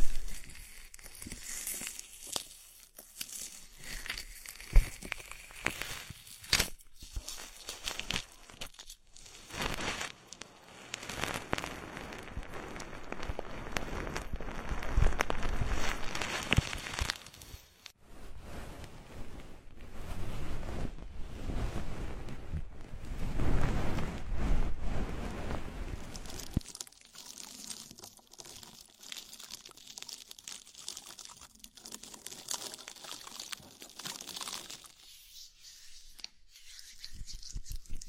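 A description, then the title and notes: Body oil massage with a bubble bath: dense, steady wet crackling and slick rubbing, louder in the middle, easing to softer fizzing near the end. Body oil massage and bubble bath.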